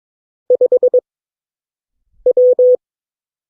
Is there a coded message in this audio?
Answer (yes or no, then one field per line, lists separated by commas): yes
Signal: Morse code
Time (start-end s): 0.5-2.8 s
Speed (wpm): 22 wpm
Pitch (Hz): 500 Hz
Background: none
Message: 5W